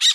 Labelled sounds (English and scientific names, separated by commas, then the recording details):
Brown-throated Parakeet (Eupsittula pertinax) contact call
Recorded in Bonaire
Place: just S of turnoff to Cai, near Lac Bay
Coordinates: 12.126, -68.239